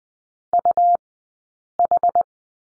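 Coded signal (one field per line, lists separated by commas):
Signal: Morse code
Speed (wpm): 20 wpm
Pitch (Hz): 700 Hz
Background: none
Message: UH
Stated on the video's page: Morse code course lesson on the letter U, two-character practice, Farnsworth speed 20/10 wpm.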